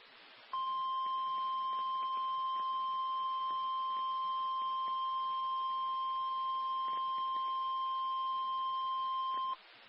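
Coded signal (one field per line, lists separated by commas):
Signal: Emergency Alert System (SAME) tones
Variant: 1050 Hz attention tone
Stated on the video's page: Real EAS alert with valid SAME tones for a PDS confirmed tornado warning.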